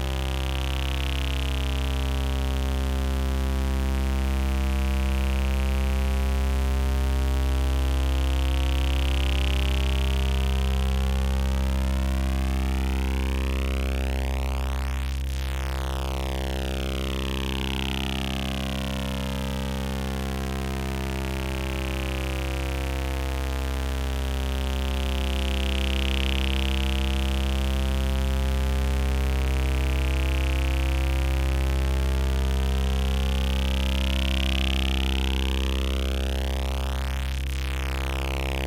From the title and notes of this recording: Tones generated by Analogue Solutions Red Square, Macbeth M3X and Akai MFC 42.